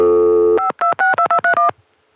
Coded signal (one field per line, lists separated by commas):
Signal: DTMF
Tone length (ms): 130 ms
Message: 5262231